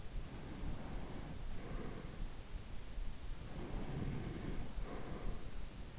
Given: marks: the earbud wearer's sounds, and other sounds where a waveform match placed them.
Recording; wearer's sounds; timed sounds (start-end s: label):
sounds in sleep by an in-ear microphone; breath
0.07-2.44 s: breath
3.52-5.63 s: breath